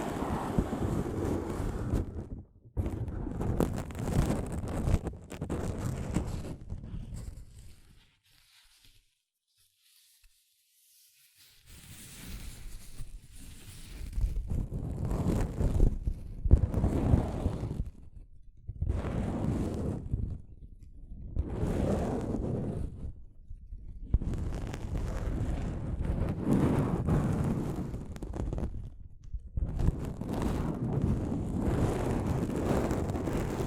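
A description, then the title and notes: Soft fabric brushes over a microphone in long rumbling sweeps, each a dense, muffled rush heavy in the low end, separated by brief silent gaps. A longer pause falls around nine to eleven seconds, then the strokes resume, steadier and more continuous toward the end. ASMR Mic Brushing using Soft Fabric (No Talking).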